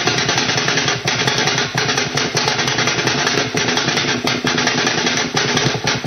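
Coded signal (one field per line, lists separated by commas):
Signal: radar signal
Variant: over-the-horizon, Woodpecker-like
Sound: harsh broadband rapid tapping buzz, about ten pulses a second, with brief dropouts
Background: radio static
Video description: I caught this strange OTHR like signal while surfing the websdr site sounding very much like the old classic Russian Woodpecker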